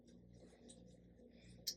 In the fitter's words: and then we're just going to push it until it snaps into place